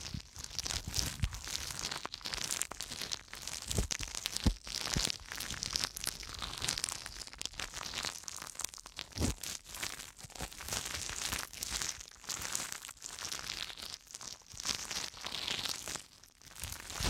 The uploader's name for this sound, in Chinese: 酥麻掏耳